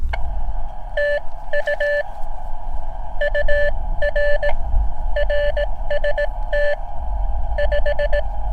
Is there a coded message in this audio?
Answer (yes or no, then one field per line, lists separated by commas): yes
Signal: Morse code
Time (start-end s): 1.0-8.2 s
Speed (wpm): 18 wpm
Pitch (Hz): 580 Hz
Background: none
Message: TU UR RST 5